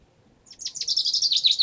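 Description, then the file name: Common chaffinch song, a high trilled phrase that starts abruptly and runs as a rapid series of notes near the top of its range, with no other sounds. "Fringilla coelebs"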